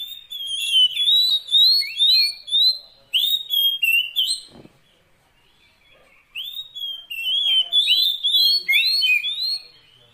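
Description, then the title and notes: Oriental magpie-robin singing bright, sweeping whistles in quick runs, with a single soft thump midway and a short silent gap before more phrases. Magpie-robin 'isian' fill-in song, used to make a kept bird sing actively day and night. "Kacer Jadi Gacor Siang Malam. Isian Kacer"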